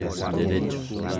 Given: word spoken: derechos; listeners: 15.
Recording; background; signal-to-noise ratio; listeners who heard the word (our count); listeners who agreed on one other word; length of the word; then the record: one Spanish word in noise, from a listening test; eight-talker babble; -2.3 dB; 3 of 15; 9 of 15; 0.80 s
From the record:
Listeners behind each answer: 9, 3, 1, 1, 1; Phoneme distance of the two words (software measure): 7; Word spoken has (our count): 3 syllables, 7 phonemes, stress on syllable 2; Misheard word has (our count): 3 syllables, 6 phonemes, stress on syllable 2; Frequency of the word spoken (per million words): 150.68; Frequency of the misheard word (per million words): 261.79